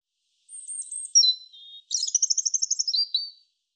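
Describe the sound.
European robin, high fluttering whistle and lower slurred notes, then a rapid rattling trill ending on a lower warble; no other sounds.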